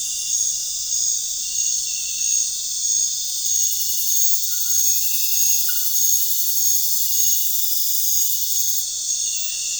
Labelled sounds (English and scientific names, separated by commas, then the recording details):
none
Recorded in pastures near Puerto Asís, Putumayo, Colombia, on 22 June 2025 at 19:30
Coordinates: 0.466, -76.322
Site GP07